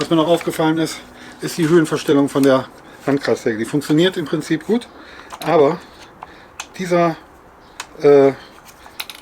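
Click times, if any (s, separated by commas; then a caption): 9.0 s, 9.1 s. Someone talks while working the height-adjustment locking lever on a circular saw, which gives weak clicks at 9.0, 9.1 and 9.2 seconds. The lever does not click firmly into place: it can be locked, but then it sticks up above the work surface.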